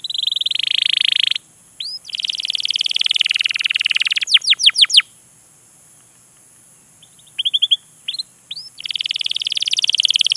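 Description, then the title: Canary song opening with a dense rolling trill, then sweeping chirps and a pause before trilling resumes. Lure recording played to prompt canaries to sing, a long continuous energetic (gacor) song used as a master tutor. "PANCINGAN Kenari GACOR PANJANG. Pancingan Gacor Masteran"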